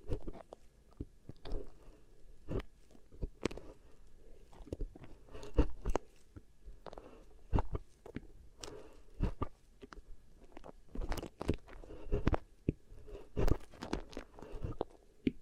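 Beeswax ear triggers: sticky, crackling handling of wax in quick irregular bursts, with sharp crunchy snaps every second or so. Between the pops runs a soft low rustle, and the sounds cluster more densely around eleven to fourteen seconds.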